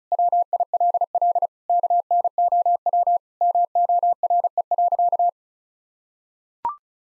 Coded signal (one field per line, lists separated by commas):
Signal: Morse code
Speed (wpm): 34 wpm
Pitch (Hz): 700 Hz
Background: none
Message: WILL KNOW MORE.